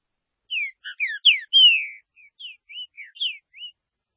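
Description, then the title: Green-winged saltator singing a rich phrase of quick whistled slurs, with one longer, drawn-out descending whistle in the middle, then softer scattered notes. "Trinca Ferro"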